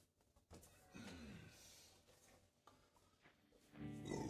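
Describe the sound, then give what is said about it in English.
A pig oinks and squeals in a few rough, grunting bursts, with a louder, buzzy squeal rising at the end and no talking over it. “Oh, there's my pig.”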